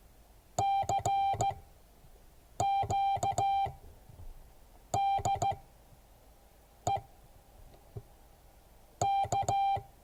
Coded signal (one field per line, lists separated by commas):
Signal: Morse code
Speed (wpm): 15 wpm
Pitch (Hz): 790 Hz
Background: none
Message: CQ DE K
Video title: Morse code class 2022 11 14